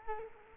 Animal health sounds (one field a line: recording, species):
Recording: mosquito wingbeat signal from an infrared sensor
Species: Culex quinquefasciatus